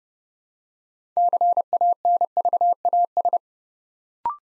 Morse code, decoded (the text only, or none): CANVAS